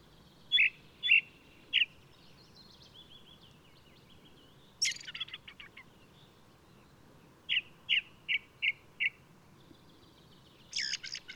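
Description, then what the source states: Ring ouzel song: phrases of clear repeated short notes, in a group of three and then five, mixed with thin drawn-out whistles and brief chattering flourishes. Singing male of the alpine subspecies alpestris, recorded 22 May 2018 at Důl Bílého Labe in the Krkonoše mountains, Czech Republic.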